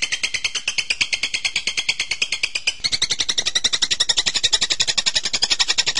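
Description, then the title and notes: Bird giving a continuous pulsed high chatter, the tone switching to a brighter, higher pattern partway and growing louder toward the end. Birdsong for training (masteran). "MASTERAN BURUNG. suarane manok"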